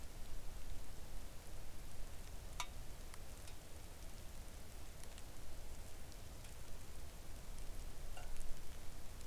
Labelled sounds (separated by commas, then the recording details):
rain
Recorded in the Arctic National Wildlife Refuge, Alaska, on 3 August 2019 at 05:49
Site 41